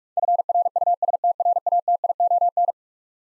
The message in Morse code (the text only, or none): FRUSTRATION